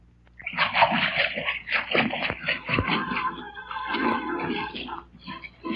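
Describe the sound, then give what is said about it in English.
Water gushes and splashes steadily into a tank, a loud, continuous churning rush with sloshing bursts that never lets up. “And now, ladies and gentlemen, I will turn on the water that will fill the tank.”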